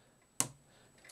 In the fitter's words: pull them down until you hear the click